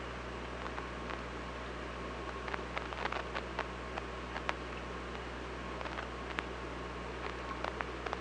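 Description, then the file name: Killer whale clicks: frequent sharp clicks spread throughout, sometimes in short clusters, against steady low hum and background hiss. At OrcaLab, 24 August 2017, 19:59:15. "Orca Lab UTLN JASON 20170824 195915"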